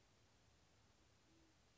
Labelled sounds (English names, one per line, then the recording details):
Band-tailed Pigeon
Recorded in Sonoma County, California